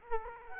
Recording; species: mosquito wingbeat signal from an infrared sensor; Culex quinquefasciatus